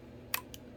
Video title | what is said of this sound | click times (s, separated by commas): How to Terminate Cat 6 Connectors & Cable Matters connector Tests | Oh, I got a click. I did get a click. | 0.3 s